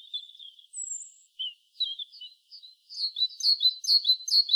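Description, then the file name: Great tit calls: scattered thin, high notes and a brief whistle lead into a quick, loud run of chirping notes. "Parus major"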